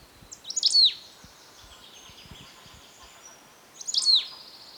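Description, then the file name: Marsh tit giving two short bursts of sharp, high downward-sweeping call notes about three seconds apart, with faint background hiss between. "Poecile palustris"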